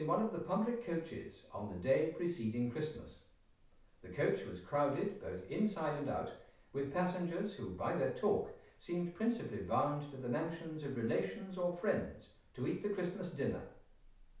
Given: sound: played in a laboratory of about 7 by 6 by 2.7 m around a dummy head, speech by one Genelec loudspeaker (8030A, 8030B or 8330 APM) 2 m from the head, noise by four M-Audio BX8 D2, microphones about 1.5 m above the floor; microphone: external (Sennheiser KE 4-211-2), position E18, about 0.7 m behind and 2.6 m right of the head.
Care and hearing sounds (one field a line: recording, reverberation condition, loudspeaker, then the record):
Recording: male speech in English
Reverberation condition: medium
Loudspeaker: 30 degrees to the left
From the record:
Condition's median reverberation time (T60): about 510 ms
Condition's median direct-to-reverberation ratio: about -0.5 dB